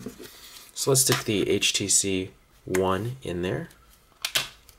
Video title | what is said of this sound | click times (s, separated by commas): HTC One (M7)(2013) Urban Armor Gear Case Review (UAG) | snaps right in fits in tight doesn't slide around or anything like that so that's always good | 4.2 s